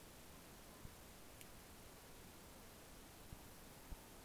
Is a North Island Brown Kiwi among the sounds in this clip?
no